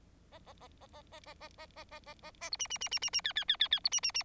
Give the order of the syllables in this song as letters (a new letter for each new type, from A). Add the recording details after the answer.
A A A A A A A A A A A A A A B C C C C C C D D D D D B C C C. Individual Bird4